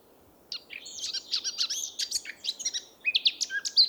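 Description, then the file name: Eurasian blackcap song: a quick, scratchy chattering warble begins after half a second, then shifts into brighter notes and ends on a clear high whistle. "Sylvia atricapilla"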